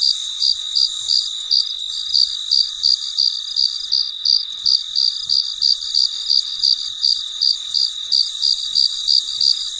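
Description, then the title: Cricket giving bright, regular chirps roughly three each second, with a constant high hum underneath. Late at night, in deep quiet. "深夜录制蟋蟀昆虫声"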